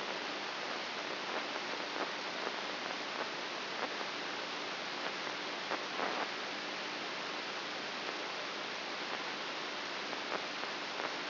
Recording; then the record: brain microelectrode recording played as sound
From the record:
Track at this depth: inside the subthalamic nucleus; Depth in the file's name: 3.84 mm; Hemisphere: right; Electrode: 2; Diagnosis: Parkinson's disease